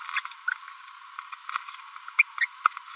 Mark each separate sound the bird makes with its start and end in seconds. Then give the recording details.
2.19-2.22. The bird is a female. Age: 30 days. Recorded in a nest box in Venezuela. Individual 17B42B3